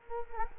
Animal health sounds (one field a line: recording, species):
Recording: mosquito wingbeat signal from an infrared sensor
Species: Culex quinquefasciatus